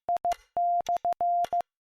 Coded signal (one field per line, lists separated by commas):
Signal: Morse code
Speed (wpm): 15 wpm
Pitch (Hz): 700 Hz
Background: none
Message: I/